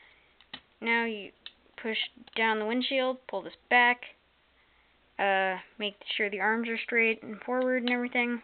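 Plastic wheel parts are pushed into position on a transforming plastic action figure's vehicle body during its vehicle transformation, and a sharp click at 0.5 s marks the wheels seating into place. Someone talks throughout the rest of the clip.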